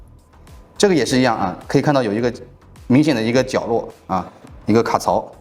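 A motorcycle dashcam's keyed wiring plug, which has a prominent corner so it only fits one way, is handled near its matching socket. Over faint background music, someone talks, and a small sound occurs at 0.5 s. Nothing has seated or clicked yet.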